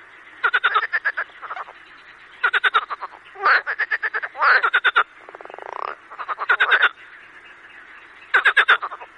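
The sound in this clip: Marsh frogs croaking in rapid pulsed bursts, each a rattling series of clicks about a second long, with overlapping callers and an occasional drawn-out buzzy croak.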